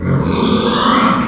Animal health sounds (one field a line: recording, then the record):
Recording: squeal of a Yucatan mini pig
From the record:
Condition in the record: after surgery on the right vocal fold (resection and tissue-engineered implant)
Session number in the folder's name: 16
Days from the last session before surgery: 183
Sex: female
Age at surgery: 19 weeks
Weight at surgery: 25 kg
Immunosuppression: prednisolone